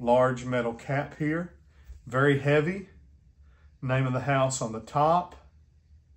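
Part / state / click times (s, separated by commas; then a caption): metal cap onto perfume bottle / not seated / none. A large, very heavy metal cap with the house name on top is handled over a square perfume bottle while someone talks. The friction-fit cap does not click and is not magnetic, and nothing has seated or clicked yet.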